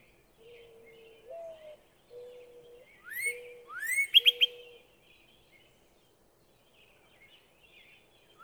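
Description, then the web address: Northern cardinal gives rising whistles and a short burst of quick notes, while low, steady cooing notes repeat beneath. "birdsongforthecurious songs Northern Cardinal"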